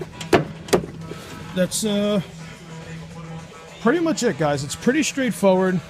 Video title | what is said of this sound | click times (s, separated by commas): Exmark vantage review | Very easy. They snap right in. | 0.3 s, 0.7 s